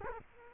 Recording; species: mosquito wingbeat signal from an infrared sensor; Culex quinquefasciatus